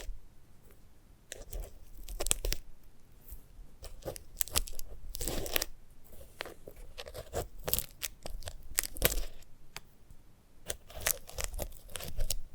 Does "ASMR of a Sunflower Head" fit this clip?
yes